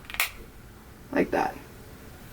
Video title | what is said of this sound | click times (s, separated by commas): Repair your Oakley Hijinx Sunglasses in seconds! Easily Install Replacement Lenses for a new look! | you should hear a pop like | 0.2 s